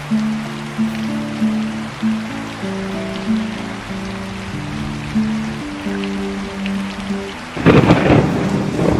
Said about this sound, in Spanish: La lluvia no para de sonar en los tejados.